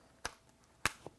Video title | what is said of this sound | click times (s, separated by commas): How to Use Rug Doctor Pro - Deep Clean Your Carpet and Upholstered Couch | You hear a click, you're good to go. | 0.9 s